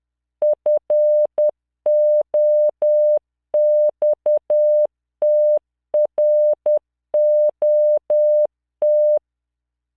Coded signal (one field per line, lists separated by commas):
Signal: Morse code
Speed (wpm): 10 wpm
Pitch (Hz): 600 Hz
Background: none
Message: FOXTROT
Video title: tamanのモールス練習動画37（モールス信号 速度10WPM morse code)